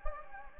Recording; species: mosquito wingbeat signal from an infrared sensor; Anopheles gambiae